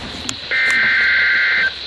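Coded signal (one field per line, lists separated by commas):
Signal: Emergency Alert System (SAME) tones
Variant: header bursts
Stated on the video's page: SAME tones for two Special Marine Warnings issued by WFO Sterling VA, recorded from Radioshack 12-993, Midland WR-100 and Radioshack 12-382 weather radios.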